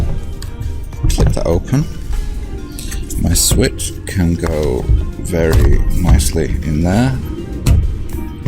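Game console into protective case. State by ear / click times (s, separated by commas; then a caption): seated / 7.7 s. Someone talks over background music while pressing a handheld Switch game console into an opened protective case, with small handling clicks and taps along the way. The console seats with a solid clunk at 7.7 s.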